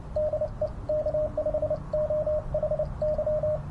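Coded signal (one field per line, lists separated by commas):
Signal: Morse code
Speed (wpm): 29 wpm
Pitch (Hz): 620 Hz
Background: radio noise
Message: DE K5OHY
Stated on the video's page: Backyard POTA hunting with a newly unboxed G90 and Cobwebb antenna on 20 m and 15 m.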